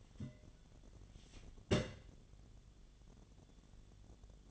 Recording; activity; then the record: daily activity, microphone in the room; place on stove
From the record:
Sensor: 4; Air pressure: 1010.8 hPa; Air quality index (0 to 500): 167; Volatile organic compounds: 4 ppm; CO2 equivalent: 1697 ppm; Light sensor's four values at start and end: 40/114/46/47 and 40/114/46/47